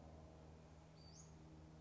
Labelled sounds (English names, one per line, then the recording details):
Western Flycatcher
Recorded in Sonoma County, California